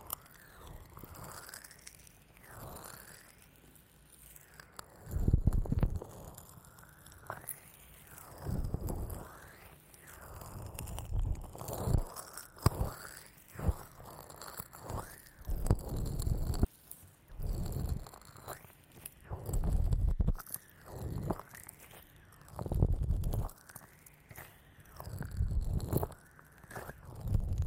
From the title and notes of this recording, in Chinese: ASMR×黑3Dio | 乳液耳朵按摩 | EarMassage | NO Talking。